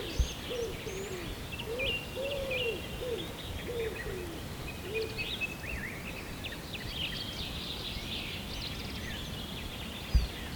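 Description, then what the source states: Birds chirping and twittering high, with a lower arched call repeated early on, plus two sharp clicks over a low rumble. Recorded at sunrise.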